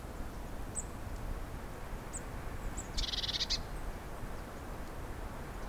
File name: Cyanistes caeruleus